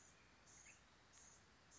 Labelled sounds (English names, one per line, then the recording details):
Blue-gray Gnatcatcher
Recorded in Sonoma County, California